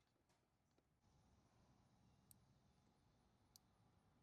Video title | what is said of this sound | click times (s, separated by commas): How to Install F8X M3/M4 Seats in Your E82/E90! | You heard those nice clicks when it went all the way in. | 2.3 s, 3.6 s